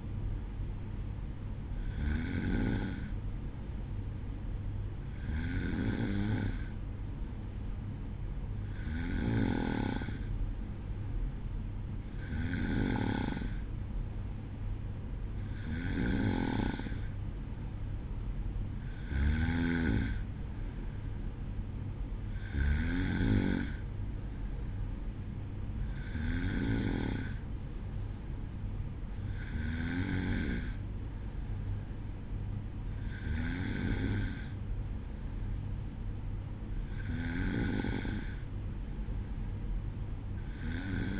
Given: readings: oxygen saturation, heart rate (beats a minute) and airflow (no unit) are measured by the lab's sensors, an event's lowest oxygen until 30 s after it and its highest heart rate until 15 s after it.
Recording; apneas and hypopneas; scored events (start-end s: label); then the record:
breathing in sleep by a smartphone at the bedside; none
none scored
From the record:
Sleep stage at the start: N2 (light sleep); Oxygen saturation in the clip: 93 to 94%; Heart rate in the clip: 52 to 56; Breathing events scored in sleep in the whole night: 305 in 9.6 hours asleep